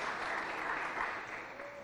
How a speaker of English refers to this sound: Let's clap our hands for God.